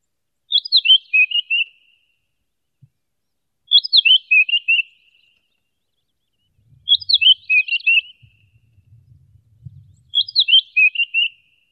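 Red-winged blackbird chattering in short descending runs of crisp notes, four phrases spaced roughly three seconds apart, with soft low rumbling in the background.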